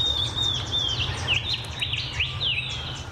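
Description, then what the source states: Shining bronze cuckoo giving thin whistled notes that slur downward, several in quick succession, over a low background hum. Heard on a walk; described as a pew, pew, pew call; the species has many different calls.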